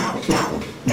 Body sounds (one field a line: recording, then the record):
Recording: coughing mixed with background sound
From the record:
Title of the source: Spring Cold Coughing 3